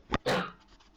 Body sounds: coughing mixed with background sound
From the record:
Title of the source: Barking cough - # 10

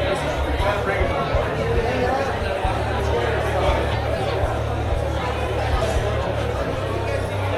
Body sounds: background sound without coughing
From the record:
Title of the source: CITY SOUNDS Busy Bar in the Evening Night - 2 HOURS of Ambiance for Relaxation

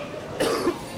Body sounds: coughing mixed with background sound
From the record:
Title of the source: Coughing 77

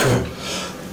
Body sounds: coughing mixed with background sound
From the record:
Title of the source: Residual Phlegmy Morning Coughing and Gagging

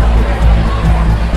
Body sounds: background sound without coughing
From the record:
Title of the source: Party Noise 1 Hour Party Ambience

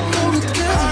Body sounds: coughing mixed with background sound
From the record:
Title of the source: female coughing - coughing sound effects girl

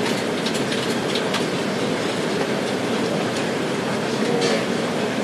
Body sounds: background sound without coughing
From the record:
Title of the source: Office Sounds Ambience - Background Noise for Study and Work

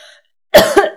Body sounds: coughing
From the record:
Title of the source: Coughing Woman Sound - Woman Cough Sound Effect

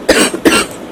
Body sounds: coughing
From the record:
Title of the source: 31 night wet cough

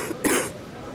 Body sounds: coughing mixed with background sound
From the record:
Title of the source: 34 coughing up crap again

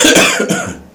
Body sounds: coughing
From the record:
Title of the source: Spring Cold Coughing.

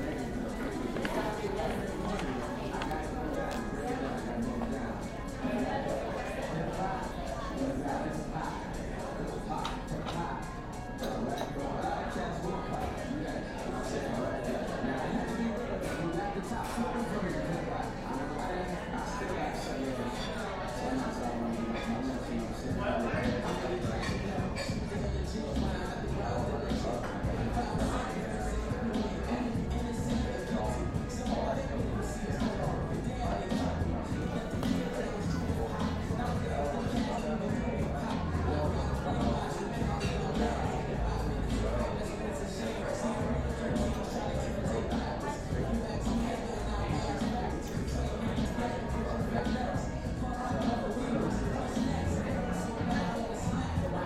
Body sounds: background sound without coughing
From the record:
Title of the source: 60 minutes of coffee shop sounds for study and concentration

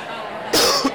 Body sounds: coughing mixed with background sound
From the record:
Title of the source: Coughing 60

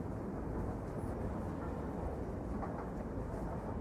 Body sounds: background sound without coughing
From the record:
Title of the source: Train Ride Ambience ambient white noise for sleeping, focus, studying, reading

